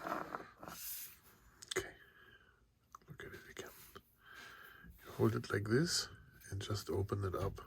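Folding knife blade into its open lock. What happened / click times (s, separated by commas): Handled, not yet home: folding blade not yet locked open / none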